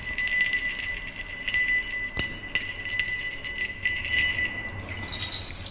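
Bright, high-pitched jingling bells chime steadily with overlapping metallic rings and small irregular strikes, then fade into a softer shimmer near the end. No voices are present.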